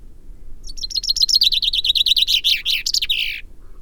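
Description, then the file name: Common Chaffinch song: a bright series of chirpy notes running for about three seconds, dropping in pitch and ending in a quick flourish. "Fringilla coelebs"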